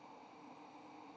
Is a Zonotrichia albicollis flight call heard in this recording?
no